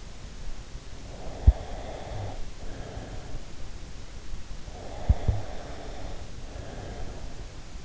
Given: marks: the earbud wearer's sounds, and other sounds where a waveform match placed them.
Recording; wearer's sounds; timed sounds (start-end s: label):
sounds in sleep by an in-ear microphone; breath
1.09-3.92 s: breath
4.68-7.85 s: breath